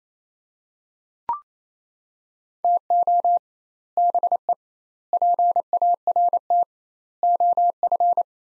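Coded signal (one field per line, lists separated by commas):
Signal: Morse code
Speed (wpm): 28 wpm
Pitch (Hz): 700 Hz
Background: none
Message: TO BE PART OF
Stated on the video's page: Morse practice in sets of four words at 28 wpm with 2x word spacing, a Farnsworth-like method; each set sent, spoken, then resent.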